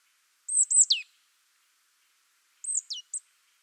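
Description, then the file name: Marsh tit calling twice: a fast cluster of thin, very high notes ending in a steep downward slur, then a similar cluster with a short extra note. "Poecile palustris"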